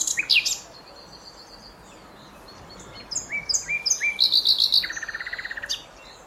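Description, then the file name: Common nightingale song: a rich, varied sequence of sharp whistled notes, a sustained thin whistle, then fast buzzy repeated notes, ending in a rapid rattling trill. "Luscinia megarhynchos"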